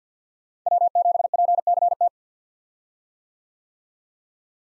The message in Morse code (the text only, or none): W7PCT